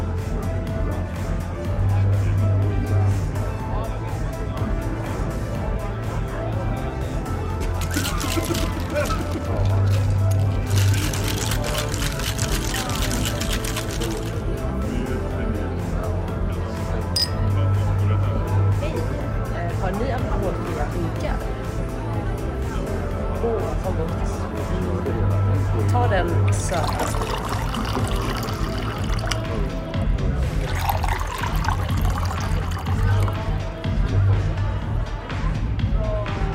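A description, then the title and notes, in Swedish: Murmuring bar sounds: a dense, steady wash of overlapping voices that never drops out. Brief bright bursts of clatter and pouring cut through around 8 to 12 seconds and again near 28 to 32 seconds, with a low hum underneath throughout. Baren. En timme sorlande barljud.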